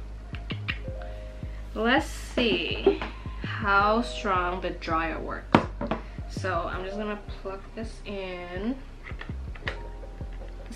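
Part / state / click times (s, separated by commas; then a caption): dryer attachment onto hair styler barrel / not seated / none. A plastic dryer attachment is fitted onto the barrel of a Dyson Airwrap hair styler while someone talks over background music, with a few short, faint taps and knocks of handling. No click is heard, and nothing has clicked or seated yet.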